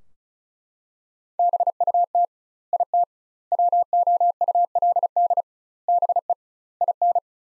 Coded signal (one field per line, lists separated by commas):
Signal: Morse code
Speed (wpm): 36 wpm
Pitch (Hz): 700 Hz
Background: none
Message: BUT IT WOULD BE IN